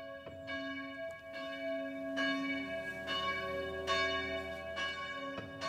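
church bells ringing

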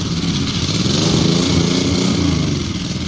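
motorcycle engine revving

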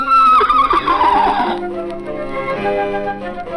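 horse neighing

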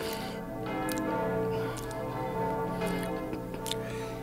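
church bells ringing

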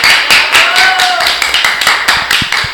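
applause

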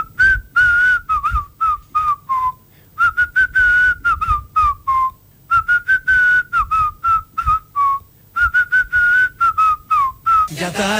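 whistling a tune

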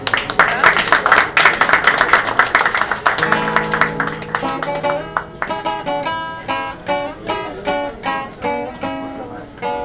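audience applause

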